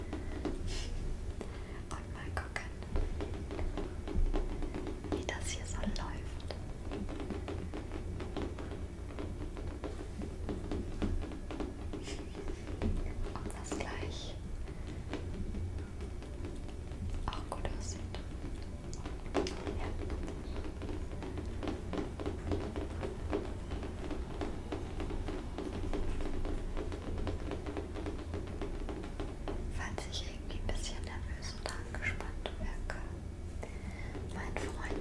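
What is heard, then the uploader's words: Dense, rapid fingertip tapping on a mirror continues throughout, fairly steady, with occasional brighter clicks and a low, constant hum beneath. In today’s episode I’ll tap on a mirror.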